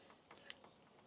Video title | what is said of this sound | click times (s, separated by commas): Upgrading 15 Year Old Fence Solar Panels The Power Boost Is INSANE | When you feel it click., it should just slide out. | 0.5 s